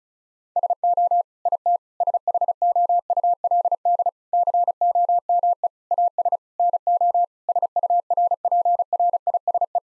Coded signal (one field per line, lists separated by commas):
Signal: Morse code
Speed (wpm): 34 wpm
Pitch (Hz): 700 Hz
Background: none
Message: SO IT SHOULD COME AS NO SURPRISE